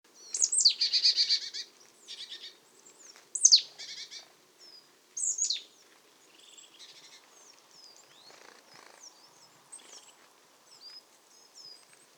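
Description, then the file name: Marsh tit calls: sharp downward-sweeping notes, the first running into a buzzy trill, given three times within about six seconds, followed by softer scattered chirps. "Poecile palustris"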